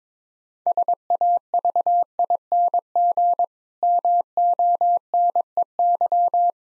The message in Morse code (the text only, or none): SAVING MONEY